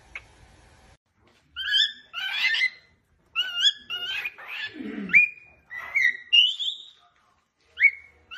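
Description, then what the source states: Cockatiel whistling: bright, varied notes with strong overtones, some rising and some falling, in short phrases separated by brief pauses. More than one cockatiel, whistling song.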